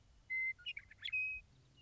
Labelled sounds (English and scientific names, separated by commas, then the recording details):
Western Meadowlark (Sturnella neglecta)
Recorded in Sonoma County, California